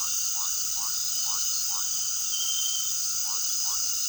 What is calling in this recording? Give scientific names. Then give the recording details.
none. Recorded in pastures near Puerto Asís, Putumayo, Colombia, on 19 February 2024 at 18:30. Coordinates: 0.468, -76.328. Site G6414